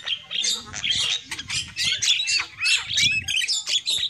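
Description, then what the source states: Lovebird calls: shrill twittering and squeaky bursts in short clusters, with harsh chirps and a few brief pauses. Used as a lure call for trapping lovebirds.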